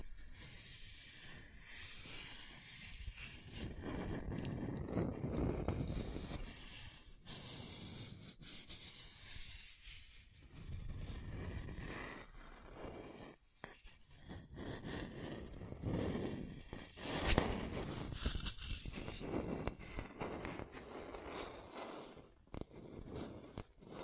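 Scratching and tracing strokes drag across a surface in uneven swells, each pass a rough, hissy rasp that rises and fades over a second or two. Brief gaps and sharp clicks break the rhythm near 7, 10, 13 and 22 seconds, with a brighter scrape around 17 seconds.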